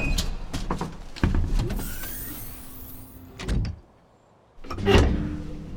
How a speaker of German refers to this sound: Aber in der Mitte steht ja ein Turm. Und unten ist die Tür. Ja, das ist die Tür zum Fahrstuhl nach oben. Also bitte schön, hereinspaziert.